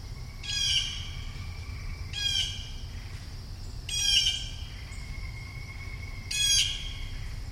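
Bird calls, four harsh rasping squawks roughly every two seconds, with a faint level whistle between them over a constant low hum.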